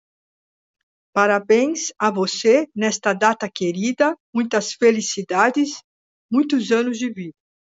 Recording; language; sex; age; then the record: short text; Brazilian Portuguese; female; 50 to 59 years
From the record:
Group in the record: control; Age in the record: 53 years